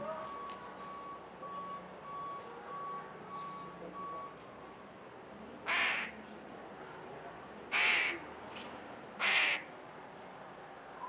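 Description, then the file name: Carrion crow caws: three hoarse, grating calls in the second half, preceded by a steady pulsing electronic beep. "Corvus corone"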